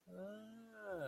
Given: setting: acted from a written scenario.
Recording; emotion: vocal sound without words; interest